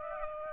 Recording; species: mosquito wingbeat signal from an infrared sensor; Aedes aegypti